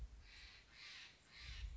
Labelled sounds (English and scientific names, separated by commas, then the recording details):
Steller's Jay (Cyanocitta stelleri)
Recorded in Sonoma County, California